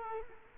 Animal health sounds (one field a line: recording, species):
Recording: mosquito wingbeat signal from an infrared sensor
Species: Culex quinquefasciatus